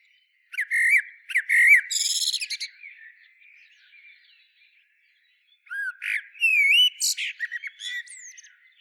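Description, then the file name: Common blackbird giving two song phrases a few seconds apart, each a brief low warble breaking into shrill, scratchy twitters and thin rising squeaks; soft background birdsong fills the gap. "Turdus merula"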